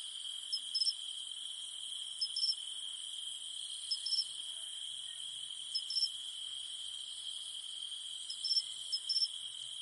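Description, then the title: Cicadas give a constant high-pitched droning hum, overlaid by quick double chirps returning about every two seconds. Recorded in the mountains at night. "In the mountains at night, only the humming of cicadas remains"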